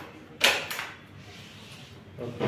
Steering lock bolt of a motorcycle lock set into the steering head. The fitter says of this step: లెఫ్ట్కి handle lock పడుతుంది.